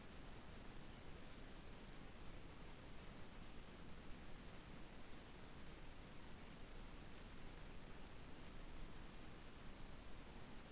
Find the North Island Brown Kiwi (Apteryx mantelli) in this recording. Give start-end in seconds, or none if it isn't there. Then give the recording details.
none. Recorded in New Zealand on 7 January 2015. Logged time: 23:58. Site BX23